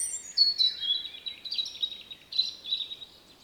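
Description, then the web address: European robin song: thin high notes stepping downward, then wavering twittered phrases. "SETE data Erithacus rubecula"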